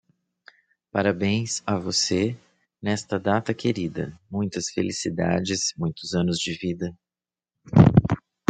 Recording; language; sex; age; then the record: short text; Brazilian Portuguese; male; 30 to 39 years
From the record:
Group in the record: control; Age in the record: 38 years